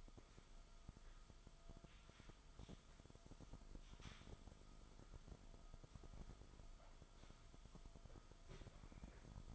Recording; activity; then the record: daily activity, microphone in the room; sweep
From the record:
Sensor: 5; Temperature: 24.0 degrees Celsius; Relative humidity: 36.6%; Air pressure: 1004.8 hPa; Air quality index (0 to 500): 95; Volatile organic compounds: 2 ppm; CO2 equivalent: 1146 ppm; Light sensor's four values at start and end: 34/79/32/30 and 34/80/32/31